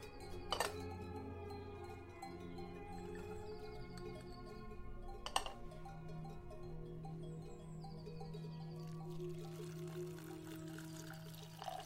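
Granny cooks in the kitchen with a steady low hum, two sharp clinks near one and five seconds, and faint music underneath.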